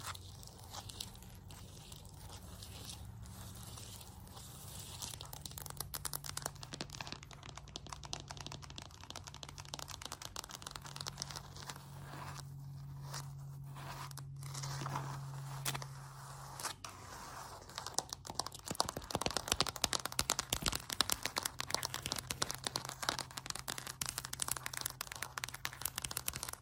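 Tapping and scratching on a floor, a dense crinkly clatter over a low steady hum that grows faster and sharper in the final ten seconds.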